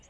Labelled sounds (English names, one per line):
Lucy's Warbler flight call